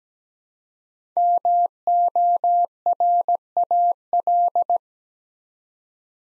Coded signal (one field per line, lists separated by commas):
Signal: Morse code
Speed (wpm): 17 wpm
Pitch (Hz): 700 Hz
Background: none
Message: MORAL